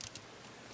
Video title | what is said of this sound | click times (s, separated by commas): How To Build A Mini Lego Optimus Prime Bumblebee Movie 2018 | Again, it just pops right in on this bar here. | 0.0 s, 0.2 s